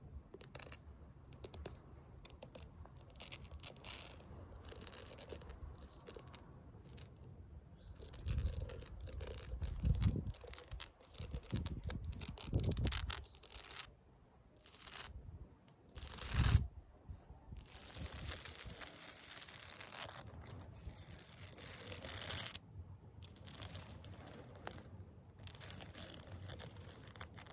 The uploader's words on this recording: ASMR CONCRETE SCRATCHING WITH FAKE NAILS (towards camera and back).